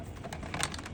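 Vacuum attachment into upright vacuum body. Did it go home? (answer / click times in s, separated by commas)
yes / 0.6 s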